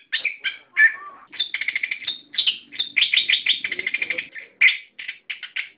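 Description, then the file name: Songbird song: fast chattering bursts and buzzy trills mixed with clear whistled notes, high and varied, with short pauses between phrases. Masteran, song-training audio used for cage birds. "masteran omkicau"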